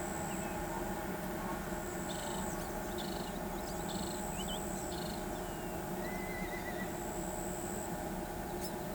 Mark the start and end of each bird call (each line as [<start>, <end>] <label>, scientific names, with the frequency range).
[2.07, 2.43] Megarynchus pitangua (2.6-4.9 kHz)
[2.98, 3.30] Megarynchus pitangua (2.4-4.8 kHz)
[3.88, 4.17] Megarynchus pitangua (2.7-5.3 kHz)
[4.92, 5.17] Megarynchus pitangua (2.6-5.2 kHz)